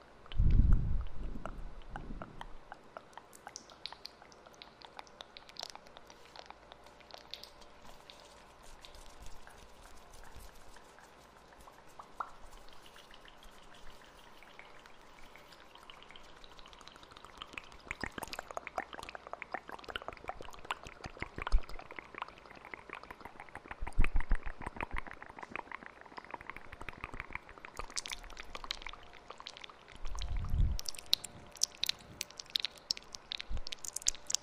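Mouth sounds with echo: wet clicks and pops crowd together and thicken midway, with soft low thumps at the start and near thirty seconds.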